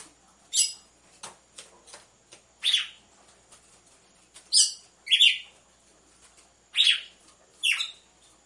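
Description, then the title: Red-cowled cardinal giving sharp chirped notes, mostly single and once in a quick pair, spaced irregularly among soft ticks and taps. Female song, used to warm up males; with the beat of two males. "Canto Galo Campina Fêmea 01. ESQUENTE GALO DE CAMPINA COM BATIDA DE DOIS MACHOS"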